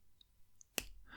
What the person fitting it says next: We get a nice click when it goes on.